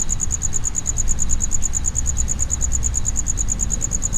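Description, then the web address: Cricket giving a fast, even series of high, shrill pulses, with a low hum underneath. Cricket inside a plastic distribution box at a zoo in Jászberény, Hungary, recorded in 2016; a professional, relatively clean recording. "jaszberenyizoo 2016 professzionalis tucsok"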